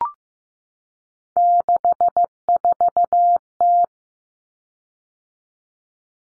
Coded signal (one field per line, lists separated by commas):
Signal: Morse code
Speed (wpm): 15 wpm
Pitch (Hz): 700 Hz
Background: none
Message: 64T